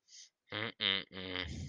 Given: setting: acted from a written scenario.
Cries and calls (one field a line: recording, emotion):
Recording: vocal sound without words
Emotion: disappointment